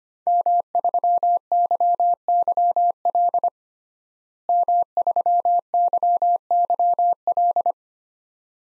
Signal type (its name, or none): Morse code